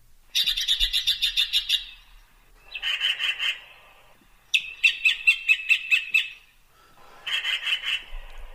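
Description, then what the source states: Yellow-billed Magpie giving four bursts of rapid, grating notes, with short silent gaps between the bursts. Mystery bird contest, same bird replayed; identified by a caller as yellow-billed magpie.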